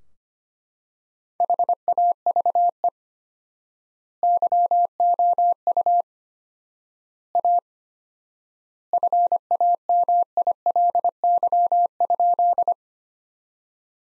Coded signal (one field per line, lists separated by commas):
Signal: Morse code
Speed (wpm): 25 wpm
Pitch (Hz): 700 Hz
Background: none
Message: HAVE YOU A FAMILY?